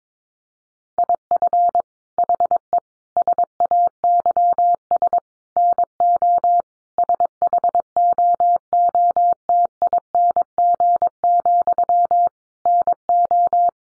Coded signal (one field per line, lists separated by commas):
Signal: Morse code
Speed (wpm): 22 wpm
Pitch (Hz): 700 Hz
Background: none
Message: IF HE SAYS NO SHOOTING, NO